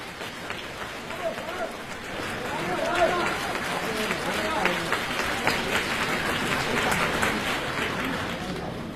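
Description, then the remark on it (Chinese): An audience at a comedic crosstalk performance breaks into sustained applause for the performers, a dense, steady patter of many hands clapping that swells slightly after the first few seconds and holds at an even level throughout. “谢谢大家掌声。”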